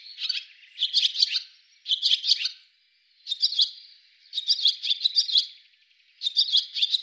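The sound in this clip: Bird chirps in rapid high clusters with short pauses between them.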